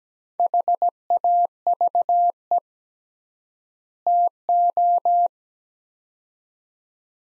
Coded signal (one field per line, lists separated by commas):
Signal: Morse code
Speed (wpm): 17 wpm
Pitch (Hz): 700 Hz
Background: none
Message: HAVE TO